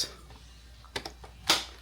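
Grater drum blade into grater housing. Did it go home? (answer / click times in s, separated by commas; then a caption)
yes / 1.0 s. A plastic drum blade, the smaller and thinner one, is turned and locked into the housing of a Brigii rotary hand-crank cheese grater, seating with a short sharp click at 1.0 s. Softer clicks follow at about 1.1 s and 1.2 s, then a louder, longer knock at 1.5 s over a quiet background. The drum is confirmed locked in place.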